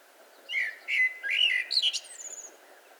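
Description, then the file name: Eurasian blackbird song phrase of a few mellow, fluted whistles followed by a brief scratchy high flourish and a thin drawn-out upper note. "Turdus merula"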